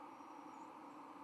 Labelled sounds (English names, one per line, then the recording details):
White-throated Sparrow flight call
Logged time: 03:14 on 31 October 2014